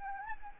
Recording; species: mosquito wingbeat signal from an infrared sensor; Anopheles arabiensis